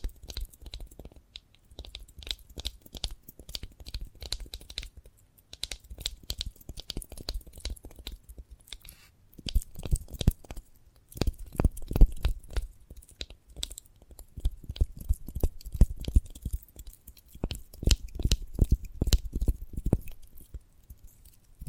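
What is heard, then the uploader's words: Someone chews and bites into sprouted coconut, producing a dense run of sharp crunchy clicks with soft, low thumps beneath. The crunching is sparse and lighter for the first ten seconds, then grows heavier and more rhythmic, with brief pauses around five and ten seconds. ASMR of a Sprouted Coconut (No Talking).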